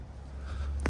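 A rear seat cushion retaining clip on a Tesla Model 3 is pushed into its receptacle in the car body, against a steady low hum. A faint tick comes at 0.8 seconds, then a sharp click at 0.9 seconds as the second cushion clip snaps in and seats.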